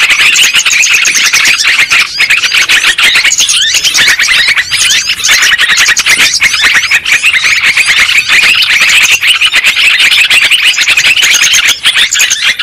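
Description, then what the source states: Lovebird chatter filling the whole stretch, relentless high squeaks and trills layered densely together. Lure sound used for trapping birds.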